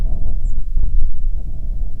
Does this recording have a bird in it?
yes